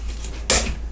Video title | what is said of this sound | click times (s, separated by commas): Cold Steel Magnum Kukri Review - Quality Budget Machete | can go and slide it right in like that snaps | 0.5 s